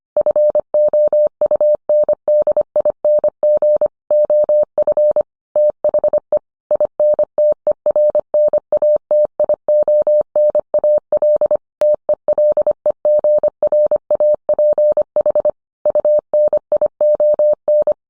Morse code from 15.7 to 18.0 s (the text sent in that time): UNION